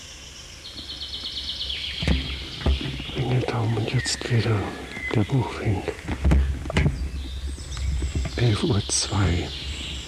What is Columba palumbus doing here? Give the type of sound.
song